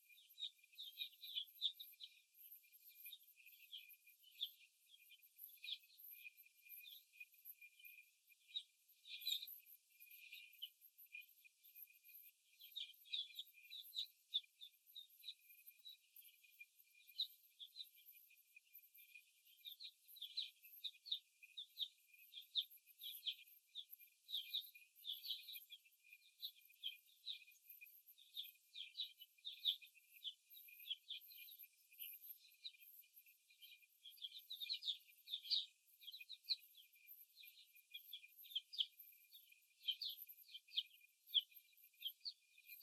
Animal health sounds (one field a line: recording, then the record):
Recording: young laying hens in a cage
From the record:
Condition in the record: after the stressor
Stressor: simulated dog barking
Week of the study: 1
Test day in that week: 2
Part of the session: 3